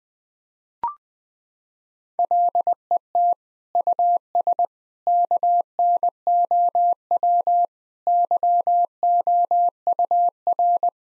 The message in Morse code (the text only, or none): LET US KNOW YOUR